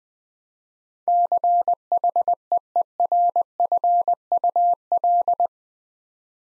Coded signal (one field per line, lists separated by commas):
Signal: Morse code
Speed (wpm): 20 wpm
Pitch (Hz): 700 Hz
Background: none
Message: CHEERFUL